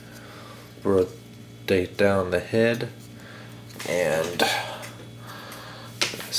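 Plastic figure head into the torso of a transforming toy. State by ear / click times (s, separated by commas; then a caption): not seated / none. Someone talks while folding the plastic robot head of a Transformers Generations Rattrap figure down into its torso during transformation. A sharp plastic contact sound is heard at about 6.0 s, but the head does not click into place and nothing has seated yet.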